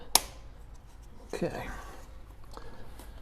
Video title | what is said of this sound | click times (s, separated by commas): Fein Grit GI150 with Centerless Grinder Part 1 - Unboxing and Assembly - Trick Tools.com | snaps into place | 0.1 s